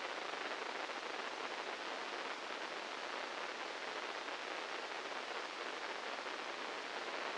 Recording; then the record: brain microelectrode recording played as sound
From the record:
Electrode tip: inside the subthalamic nucleus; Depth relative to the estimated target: -4 mm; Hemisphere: right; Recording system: NeuroSet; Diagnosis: Parkinson's disease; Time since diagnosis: 15 years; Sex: female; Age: 59 years